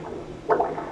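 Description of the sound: A single pulsing whoosh over a low hum: Doppler echocardiogram sound of blood flowing through one of the heart valves, heard during an echocardiogram in Boston.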